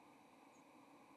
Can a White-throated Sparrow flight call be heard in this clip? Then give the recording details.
no. Another species' flight call is heard. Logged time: 06:42 on 30 October 2014